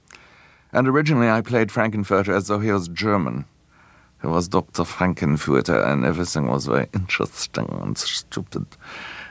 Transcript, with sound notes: And originally, I played Frank-N-Furter as though he was German. (Imitating German accent) I was Dr. Frank-N-Furter, and everything was very interesting and stupid.